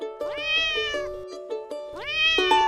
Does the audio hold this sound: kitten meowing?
yes